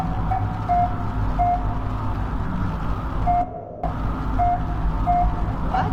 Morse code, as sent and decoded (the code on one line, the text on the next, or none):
none